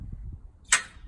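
A swing-away hitch bike rack on a Northern Lite truck camper is swung out of the way after its pin is released. At 0.7 s, its metal pivot locks into position in the hitch extension with a single sharp metallic clunk, heard over a low rumble. The rack is locked in place.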